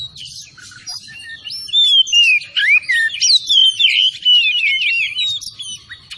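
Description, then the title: Oriental magpie-robin song building from soft notes into loud, fluid whistled phrases with rapid up-and-down slurs, delivered continuously. Called kacer Tretes; singing vigorously (gacor). "Kacer Tretes Gacor"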